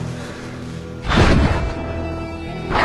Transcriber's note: soundbite of whooshing